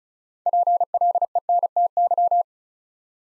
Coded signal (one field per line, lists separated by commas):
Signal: Morse code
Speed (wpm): 36 wpm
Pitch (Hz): 700 Hz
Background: none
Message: PLENTY